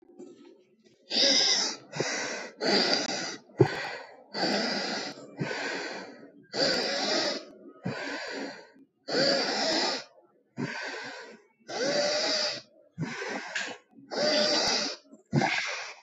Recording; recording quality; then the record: deep breathing; excellent, no background noise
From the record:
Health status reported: exposed to COVID-19, no respiratory illness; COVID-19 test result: negative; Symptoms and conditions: cough, cold, fever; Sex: female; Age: 24 years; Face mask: not worn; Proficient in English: yes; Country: India